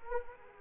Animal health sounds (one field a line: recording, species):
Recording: mosquito wingbeat signal from an infrared sensor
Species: Anopheles arabiensis